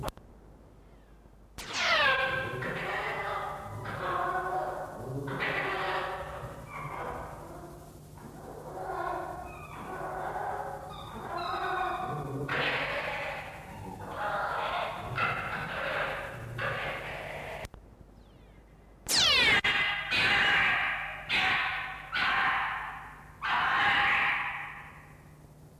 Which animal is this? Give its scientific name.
Vulpes vulpes